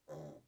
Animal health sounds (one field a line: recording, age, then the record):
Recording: pig call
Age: piglet (1 to 25 days)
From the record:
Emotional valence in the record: negative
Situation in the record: restrain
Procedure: back test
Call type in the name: low-frequency call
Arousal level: low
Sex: female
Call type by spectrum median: low-frequency call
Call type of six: low-frequency stable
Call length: 0.48 s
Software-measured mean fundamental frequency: 70 Hz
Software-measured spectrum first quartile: 224 Hz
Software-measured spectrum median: 447 Hz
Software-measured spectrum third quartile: 654 Hz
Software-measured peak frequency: 537 Hz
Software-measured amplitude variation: 172 dB a second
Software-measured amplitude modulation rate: 19.8 a second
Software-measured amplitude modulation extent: 8.7 dB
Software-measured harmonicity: 1.3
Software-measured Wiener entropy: 0.37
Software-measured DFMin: 1241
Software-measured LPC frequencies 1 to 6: 538, 1739, 3417, 3994, 5818, 6918 Hz